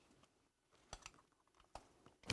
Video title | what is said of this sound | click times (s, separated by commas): NASCAR Performance Dover Fall 2012 | okay you have to hear it click you have to hear it click | 2.3 s